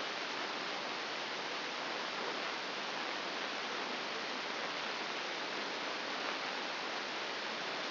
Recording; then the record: brain microelectrode recording played as sound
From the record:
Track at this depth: outside the subthalamic nucleus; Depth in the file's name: 5.701 mm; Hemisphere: left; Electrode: 2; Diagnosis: Parkinson's disease